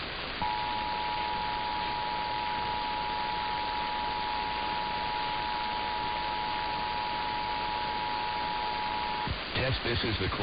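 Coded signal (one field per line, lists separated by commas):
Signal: Emergency Alert System (SAME) tones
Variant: 853 and 960 Hz attention tone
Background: speech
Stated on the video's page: NOAA Weather Radio required weekly tests and Nevada required monthly tests.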